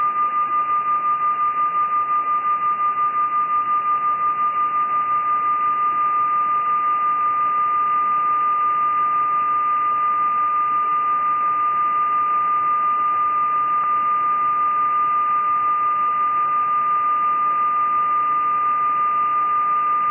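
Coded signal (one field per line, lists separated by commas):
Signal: numbers station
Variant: E06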